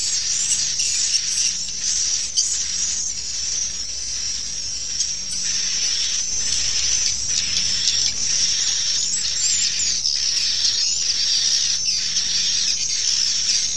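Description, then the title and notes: Swiftlets produce high, shrill chatter throughout, with quick buzzy bursts at uneven intervals and a faint low hum. Swiftlet farming, Asia. "Swiflet Bird Sound. Farming Swiflet Bird asia sound"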